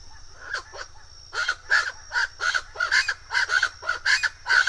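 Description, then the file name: Buff-browed chachalaca calls: harsh, raucous notes in rhythmic bursts, louder after the first second, over a steady high whine and low hum. "canto do aracua de sobrancelhas"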